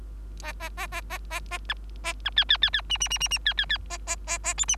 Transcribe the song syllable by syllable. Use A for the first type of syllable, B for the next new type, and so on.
A A A A A A A B A B C C C C D D D D D C C C A A A A E D